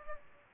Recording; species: mosquito wingbeat signal from an infrared sensor; Culex pipiens